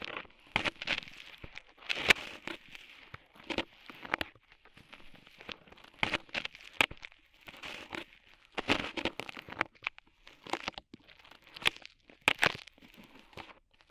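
Ear cleaning with rhinestone and clay removal: dense, irregular crinkling and crackling scrapes with sharp ticks and short bright bursts every second or so, loudest near 2, 9 and 12 seconds. Between bursts a soft hiss and faint rustle stay steady.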